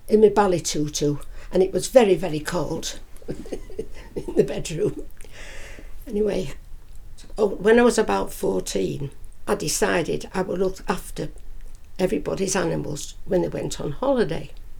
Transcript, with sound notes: in me ballet tutu. And it was very, very cold [laughs] in the bedroom. Anyway…when I was about 14, I decided I would look after everybody's animals when they went on holiday.